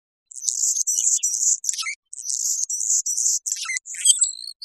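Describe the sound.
Anna's hummingbird producing nearly continuous high, grating buzzes mixed with sharp squeaky chips, with only brief breaks.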